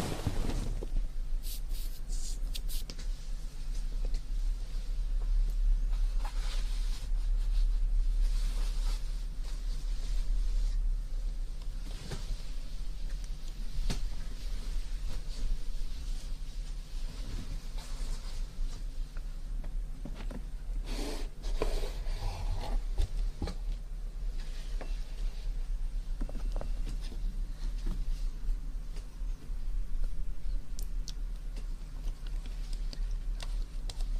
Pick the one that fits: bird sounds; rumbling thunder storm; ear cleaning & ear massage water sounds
ear cleaning & ear massage water sounds